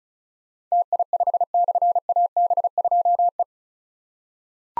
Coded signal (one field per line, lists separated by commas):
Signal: Morse code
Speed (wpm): 36 wpm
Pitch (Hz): 700 Hz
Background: none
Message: TI5/AB2E